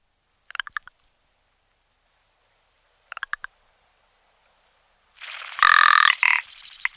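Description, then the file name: Rock ptarmigan making two short dry clicking rattles a few seconds apart, followed by a loud, harsh, grating croak lasting about two seconds. "bělokur-horský"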